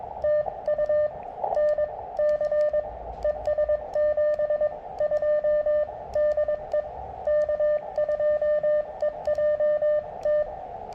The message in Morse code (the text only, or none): TU NC ES 72 DE K2EJT